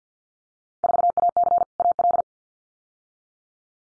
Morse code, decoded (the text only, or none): 4AC AL